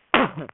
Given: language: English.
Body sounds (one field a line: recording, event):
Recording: throat vibration sensor signal played as sound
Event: cough